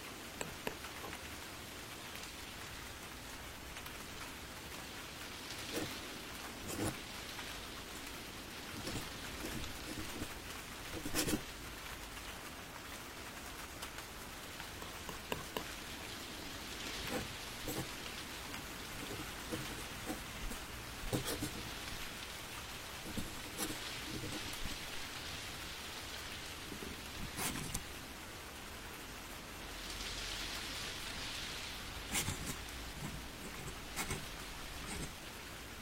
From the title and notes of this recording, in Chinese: 雨天在温暖的阁楼上写字。